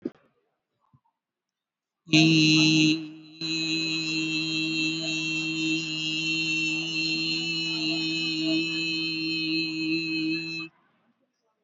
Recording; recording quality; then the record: sustained vowel as in beet; excellent, no background noise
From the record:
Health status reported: exposed to COVID-19, no respiratory illness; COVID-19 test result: negative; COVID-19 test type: RT-PCR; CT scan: taken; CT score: 1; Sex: male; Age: 30 years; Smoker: no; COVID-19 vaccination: one dose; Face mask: worn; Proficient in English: yes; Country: India